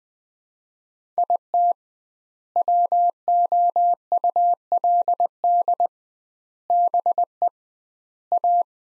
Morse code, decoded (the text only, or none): IT WOULD BE A